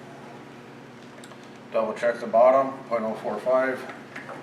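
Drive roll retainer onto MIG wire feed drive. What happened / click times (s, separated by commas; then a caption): The retainer is handled but has not yet locked in place / none. A drive roll retainer is handled on the drive of a MIG wire feeder, where it is meant to be pushed on and given a quarter turn to lock. Someone talks from about 1.7 seconds over a low steady hum, with a brief faint knock near 4.2 seconds. Nothing has seated or clicked yet.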